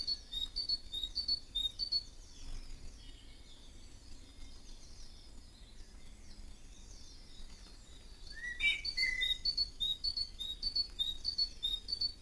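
Birds call to one another in a garden in the early morning. Quick, high chirps repeat in short runs through the first two seconds and again after eight seconds, where a brief sliding whistle stands out, over a steady low rumble.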